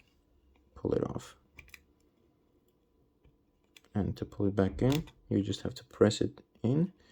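A small side-button part is handled near an iPhone 12 housing, ready to be pressed back in until it clicks into place. Someone talks, and a few faint, brief handling ticks are heard around 1.6–1.7 s and 3.8 s. Nothing has seated or clicked yet.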